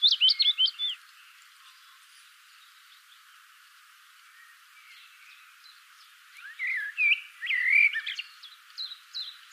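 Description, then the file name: Common blackbird song: a burst of rapid high twittering notes, a pause, then low fluted warbling phrases with thin high squeaks mixed in. "Turdus merula"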